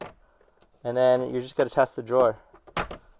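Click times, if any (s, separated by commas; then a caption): 2.7 s, 2.9 s. Someone talks as the glove box of a 2024 Toyota Corolla is closed to test it, and its plastic latch catches in the dashboard striker with clicks at 2.7 s and 2.9 s. The glove box locks closed.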